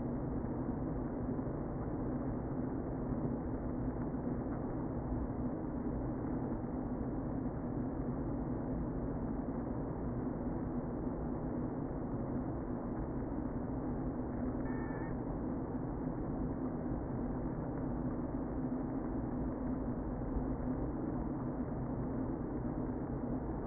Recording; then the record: honeybee colony, microphone inside the hive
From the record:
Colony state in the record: queen present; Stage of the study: before two queens were removed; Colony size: about 60,000 bees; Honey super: yes